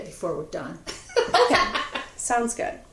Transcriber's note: laughter